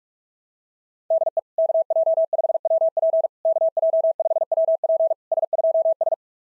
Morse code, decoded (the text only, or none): DE KJ5WP KJ5WP S2S